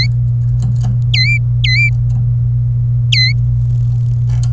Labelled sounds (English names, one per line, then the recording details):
Domestic Canary song
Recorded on 27 April 2018 at 15:20
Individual llb3